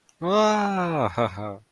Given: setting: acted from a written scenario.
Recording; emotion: vocal sound without words; positive surprise